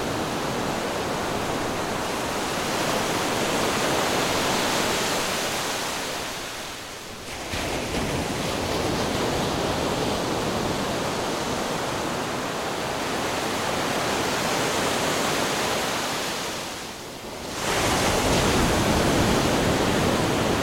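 Ocean waves wash onto a beach in a dense, steady roar of hiss and rumble. The surf eases twice, near 7 seconds and again around 17 seconds, then swells back to full strength. No other sounds stand out from the surf.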